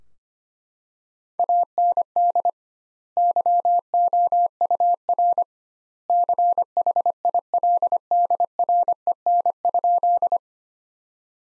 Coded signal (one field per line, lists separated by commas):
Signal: Morse code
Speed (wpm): 25 wpm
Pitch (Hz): 700 Hz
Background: none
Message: AND YOUR CHILDREN?